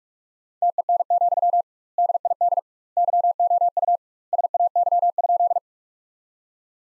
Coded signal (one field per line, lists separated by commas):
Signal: Morse code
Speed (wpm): 41 wpm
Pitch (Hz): 700 Hz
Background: none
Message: TEN, DID YOU SAY?